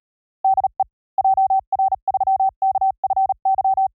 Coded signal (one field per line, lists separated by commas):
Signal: Morse code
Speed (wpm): 37 wpm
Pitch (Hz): 770 Hz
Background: none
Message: DE JR3KFY